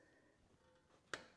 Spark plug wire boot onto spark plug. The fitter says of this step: lawnmower is not going to start so make sure you that's clicked